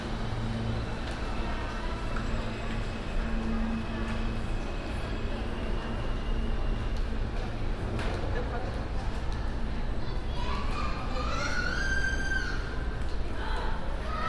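Inside a subway train car, a steady low rumble and hum fill the space throughout. Voices murmur, with children's chatter audible. Toward the end, from about ten to thirteen seconds, a brighter squealing tone rises and wavers, likely wheels or brakes.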